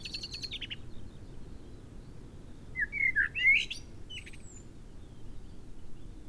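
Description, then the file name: Common blackbird song: a burst of high twittering, then a low, mellow, warbled whistled phrase midway, followed by a short high flourish; steady background hiss. "Turdus merula"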